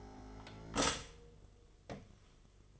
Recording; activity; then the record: daily activity, microphone in the room; stop toaster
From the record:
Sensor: 4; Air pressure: 1015.5 hPa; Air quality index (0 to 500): 197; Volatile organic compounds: 9 ppm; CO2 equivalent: 2194 ppm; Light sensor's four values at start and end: 4/9/3/3 and 4/9/3/3